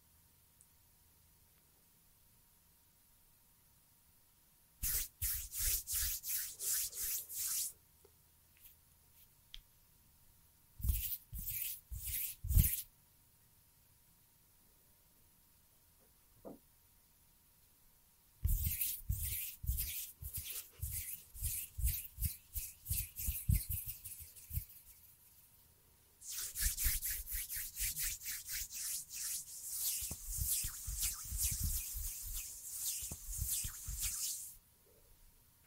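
Finger fluttering and hand sounds arrive in bursts of quick, dense rubbing taps, bright and crisp, around 5, 11, 18 and 26 seconds. Quiet gaps separate the bursts, with a single soft tap near 16 seconds and a faint steady hum underneath.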